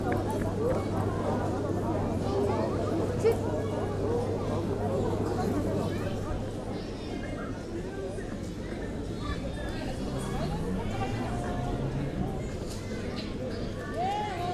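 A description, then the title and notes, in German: People chat on a lawn with children's voices standing out, a steady low hum under the first half and scattered distant clicks. Görlitzer Ufer. Ein menschliches Rauschen am Ufer des Kanals. Leute auf der Wiese. Kinder setzen sich durch waehrend Tischtennis im Hintergrund gespielt wird.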